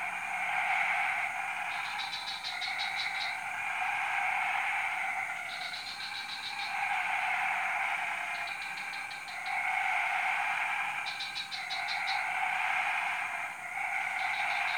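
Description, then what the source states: Frogs in a steady, throbbing chorus, interrupted every few seconds by bursts of rapid high ticking notes. Chorus recorded at 03:00 on Tuesday 14 February 2017 at Jalan Kolonel Sugiono No. 9, Kuala Kapuas, Central Kalimantan, Indonesia.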